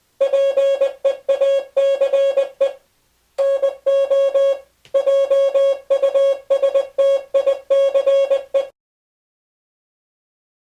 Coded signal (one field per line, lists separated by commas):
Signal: Morse code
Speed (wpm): 20 wpm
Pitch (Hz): 550 Hz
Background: music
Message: PEACE NO JUSTICE